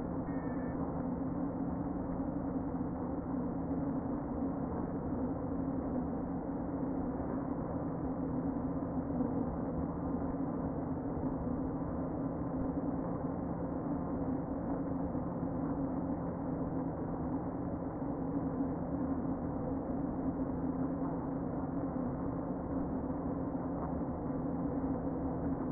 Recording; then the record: honeybee colony, microphone inside the hive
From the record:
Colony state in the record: queen present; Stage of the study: before two queens were removed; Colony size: about 60,000 bees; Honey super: yes